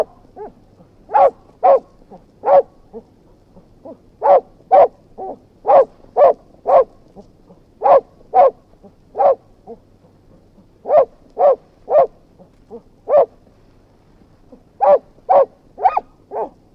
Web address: BBC Dog Anx BBC-Historical. dog anxious barking with whines